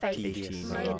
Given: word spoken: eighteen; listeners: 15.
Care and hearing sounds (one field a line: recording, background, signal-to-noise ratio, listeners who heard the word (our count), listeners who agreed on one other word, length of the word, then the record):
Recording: one English word in noise, from a listening test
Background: four-talker babble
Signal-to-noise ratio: -1.8 dB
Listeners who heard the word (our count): 1 of 15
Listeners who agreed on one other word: 7 of 15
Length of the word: 0.59 s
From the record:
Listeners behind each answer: 7, 2, 1, 1, 1, 1, 1, 1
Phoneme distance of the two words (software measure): 31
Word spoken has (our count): 2 syllables, 4 phonemes, stress on syllable 1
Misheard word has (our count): 2 syllables, 5 phonemes, stress on syllable 1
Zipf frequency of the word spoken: 2.85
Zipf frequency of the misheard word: 3.22